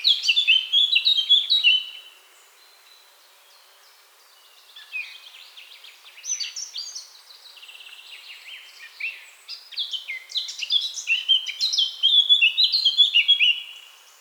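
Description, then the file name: Eurasian blackcap song: a rich warbled phrase ending in clear whistled notes, a pause of about three seconds, then a long varied warble building to loud fluty whistles. "Sylvia atricapilla"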